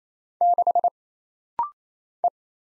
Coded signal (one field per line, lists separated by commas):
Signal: Morse code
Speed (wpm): 27 wpm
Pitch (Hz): 700 Hz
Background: none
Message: 6 E